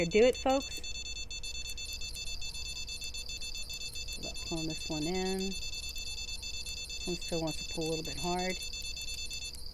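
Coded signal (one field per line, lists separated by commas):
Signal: none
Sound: fishing game reel beeps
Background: speech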